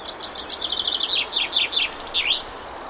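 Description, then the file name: Common chaffinch song: a quick series of bright, falling notes ending in a flourish, set against steady background hiss. "Fringilla coelebs"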